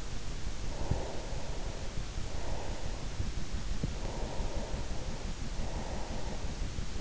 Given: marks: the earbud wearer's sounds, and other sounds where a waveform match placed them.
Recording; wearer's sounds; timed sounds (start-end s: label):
sounds in sleep by an in-ear microphone; breath
0.65-3.51 s: breath
4.16-7.01 s: breath